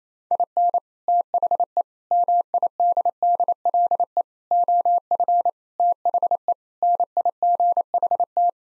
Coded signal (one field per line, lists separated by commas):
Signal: Morse code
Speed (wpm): 27 wpm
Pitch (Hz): 700 Hz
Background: none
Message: IN THE MIDDLE OF THE NIGHT